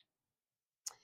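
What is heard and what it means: A plastic glue syringe is wiggled into a handheld squeeze applicator handle. After near silence, a single short, sharp tick sounds at 0.9 s, followed by a brief fading ring. The syringe is seated in place in the applicator.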